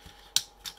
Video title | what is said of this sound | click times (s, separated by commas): Transformers War For Cybertron: Siege -- WFC S-13 Ultra Magnus | and that will click into place | 0.4 s